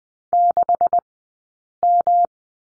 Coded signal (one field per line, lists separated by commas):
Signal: Morse code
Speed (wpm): 20 wpm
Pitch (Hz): 700 Hz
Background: none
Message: 6M